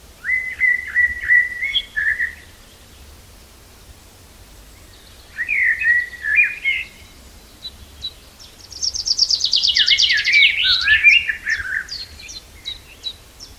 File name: Fringilla coelebs